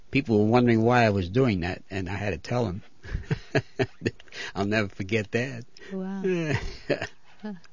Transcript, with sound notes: People were wondering why I was doing that, and I had to tell them. ( he laughs ) I'll never forget that.
Wow.